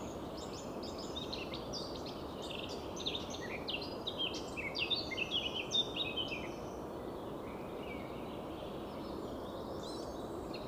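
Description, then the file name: Eurasian blackcap delivering a burst of fast, scratchy warbled notes with a few whistles, then mostly background hiss. "Sylvia atricapilla"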